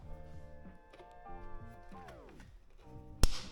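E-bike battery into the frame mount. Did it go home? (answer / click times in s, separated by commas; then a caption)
yes / 3.2 s. A Rize X 1000 e-bike battery is fitted into its frame mount: a key is inserted and turned, the battery is pulled down, then pushed in. Over a steady musical tonal background with a falling sweep around 2.0–2.5 s, a sharp click rings out at 3.2 s. The battery is seated in the mount.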